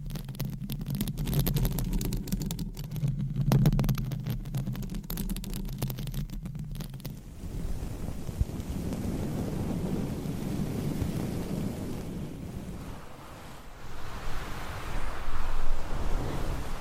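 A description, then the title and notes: Microphones being scratched, opening with seven seconds of dense, fast crackling and scraping over a low rumble. Then the sound turns to a softer, steady brushing rustle that grows louder and brighter again near the end. ASMR Mic Scratching with 20 DIFFERENT MICS, Mic Covers & CLAWS! No Talking.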